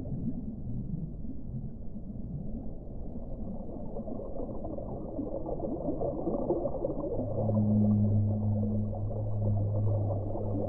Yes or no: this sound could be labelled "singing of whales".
yes